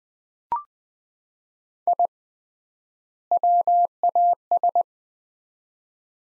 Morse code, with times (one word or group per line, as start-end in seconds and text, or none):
1.9-2.1 I
3.3-4.8 WAS